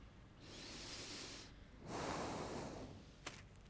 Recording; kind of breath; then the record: one breath in and out by a microphone near the nose and mouth; deep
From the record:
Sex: male